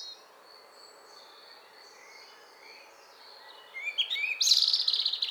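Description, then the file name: European robin song: faint thin high notes, then a louder burst of quick high notes near the end. "Erithacus rubecula"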